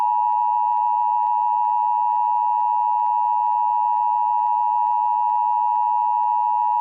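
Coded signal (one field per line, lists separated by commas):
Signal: Emergency Alert System (SAME) tones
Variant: 853 and 960 Hz attention tone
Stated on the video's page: Fictional EAS scenario, a remake of an earlier scenario series.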